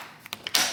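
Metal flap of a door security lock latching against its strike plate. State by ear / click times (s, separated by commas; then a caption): seated / 0.6 s. The metal flap of a childproof door security lock is pushed over toward the door, with a few small ticks at 0.3, 0.3 and 0.5 seconds. It latches against its strike plate with a metallic click and creak at 0.6 seconds, followed by a fading bright rattle. The flap locks into place, so the door can no longer open even with the deadbolt unlocked.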